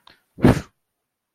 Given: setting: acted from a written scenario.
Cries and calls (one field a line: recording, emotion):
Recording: vocal sound without words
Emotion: anger